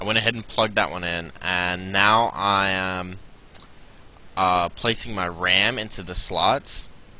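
A RAM module is being placed into a motherboard memory slot while someone talks, with a few short ticks around 3.5 to 4.0 seconds as it is handled. Nothing has seated or clicked yet; the clip ends before the module goes home.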